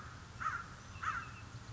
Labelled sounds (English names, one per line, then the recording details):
American Crow
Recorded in Sonoma County, California